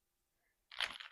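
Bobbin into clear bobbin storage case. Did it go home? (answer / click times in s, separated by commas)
yes / 0.8 s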